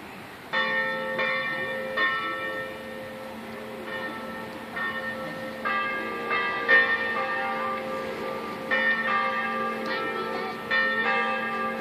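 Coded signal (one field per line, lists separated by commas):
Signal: clock strike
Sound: church bell strokes ringing out repeatedly, more than one bell tone, long decays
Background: outdoor ambience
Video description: -h. 18:00: segnale orario sulla mezzana Re3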